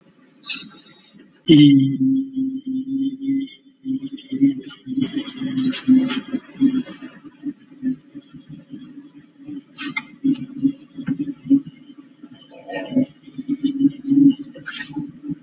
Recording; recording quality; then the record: sustained vowel as in beet; excellent, no background noise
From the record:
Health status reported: exposed to COVID-19, no respiratory illness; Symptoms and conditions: none ticked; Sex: male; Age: 44 years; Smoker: not ticked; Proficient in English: yes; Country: India